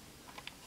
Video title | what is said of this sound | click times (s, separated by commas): DX Zombie Raise Buckle & Raise Buckle Holder Review (Kamen Rider Geats) | it just clicks into place at two | 0.5 s